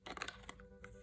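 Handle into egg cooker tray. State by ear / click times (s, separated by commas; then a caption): not seated / none. A plastic handle is pulled through the bottom of an electric egg cooker's egg tray and twisted to lock it into place. There are short sharp plastic clicks and rattles around 0.2 to 0.3 seconds and another at 0.5 seconds, over a steady low hum. The handle has not locked or seated yet.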